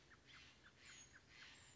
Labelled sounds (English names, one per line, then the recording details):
Steller's Jay
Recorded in Sonoma County, California